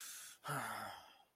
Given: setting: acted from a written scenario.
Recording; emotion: vocal sound without words; anger